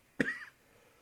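One brief, sharp cough from an adult man who is sick, lasting about a third of a second, in a quiet room.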